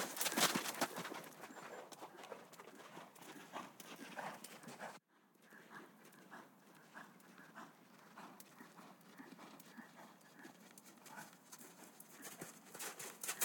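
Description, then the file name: Horse hoofbeats in fast irregular rhythm, a brief gap near five seconds, then steadier softer thuds continuing to the end. Galloping outside in sand. "G 4 F SFX - HORSES - Galloping outside in sand"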